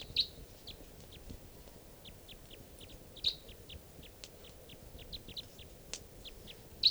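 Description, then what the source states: Crossbill calls, a run of brief high chip notes spaced unevenly, with occasional louder notes standing out. Wild crossbills, possibly type 3, three birds coming down near camp; around 6:00 p.m.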